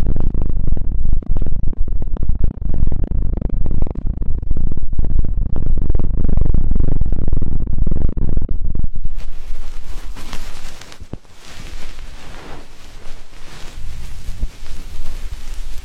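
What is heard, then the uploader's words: Deep ear cleaning and massage: for the first nine seconds a dense, muffled rumbling with constant soft crackles and thumps. Then it cuts abruptly to a quieter, brighter, hissing rustle with a brief dropout around eleven seconds. Enhanced version of deep ear cleaning, massage.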